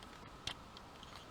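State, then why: Not seated. A plastic fuel tank piece is folded up on the leg of a Studio Series 38 Optimus Prime transforming robot figure, where it clips into place so it stays fairly solid. Faint plastic handling ticks sound throughout, with one sharper tap at about 0.5 s. Nothing has seated or clicked yet.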